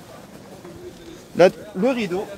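A rigid shower curtain is being pressed into its floor clips in a camper van shower that has no shower tray while someone talks. Nothing has seated or clicked yet by the end of the clip.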